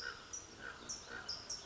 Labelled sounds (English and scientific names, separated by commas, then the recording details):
Common Raven (Corvus corax)
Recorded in Sonoma County, California